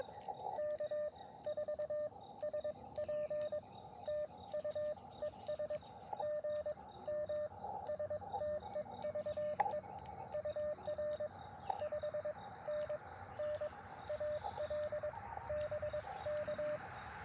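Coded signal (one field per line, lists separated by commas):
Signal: Morse code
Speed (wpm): 22 wpm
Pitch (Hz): 600 Hz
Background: radio noise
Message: K4SP TU ES GM STEVE UR 5NN AL BK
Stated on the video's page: QRP CW Parks on the Air activation in early morning, Elecraft KX2 keyed with BaMaKeY TP-III paddles, Chameleon MPAS Lite antenna.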